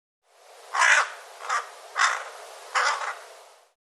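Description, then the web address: Bird calling with four rough, hoarse caws, the first loudest, the middle two shorter. "cianscape birddata Deverinetal 2025"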